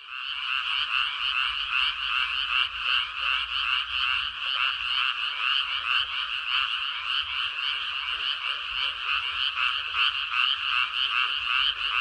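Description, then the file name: Frogs croaking in a dense chorus, rapid overlapping rattling calls pulsing steadily without pause throughout. Recorded on 13 May 2022. "20220513 개구리"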